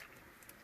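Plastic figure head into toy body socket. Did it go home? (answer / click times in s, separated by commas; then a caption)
yes / 0.5 s. A plastic figure head is pushed back into its socket in a toy body until it snaps into place. A short, sharp snap comes at 0.5 s over a low, steady background, and the head is seated.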